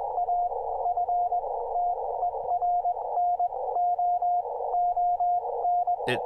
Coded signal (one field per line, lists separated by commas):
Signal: Morse code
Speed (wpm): 20 wpm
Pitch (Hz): 710 Hz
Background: radio noise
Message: AFTERNOON